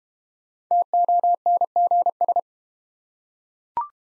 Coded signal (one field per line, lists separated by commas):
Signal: Morse code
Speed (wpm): 31 wpm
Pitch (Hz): 700 Hz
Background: none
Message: TONGS